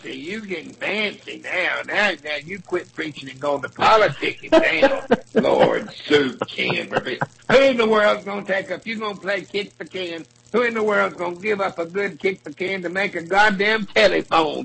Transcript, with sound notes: You gettin’ fancy now. Now you quit preaching and goin’ into politicking now. [laughs] Lord, soup can for Pete’s — who in the world’s gonna take a — if you gonna play kick the can, who in the world’s gonna give up a good kick the can to make a goddamn telephone?